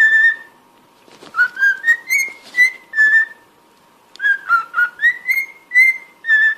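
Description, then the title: Cockatiel whistled song: clear notes stepping up and down in two quick phrases with a short pause between them, over a faint steady hum. "Canto Para Treinar Calopsita"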